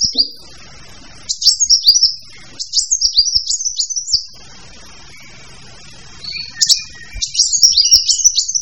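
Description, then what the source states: Birds singing in bursts of very high, rapid, twittering notes that rise and fall, separated by brief quiet gaps. Several kinds of birds singing together.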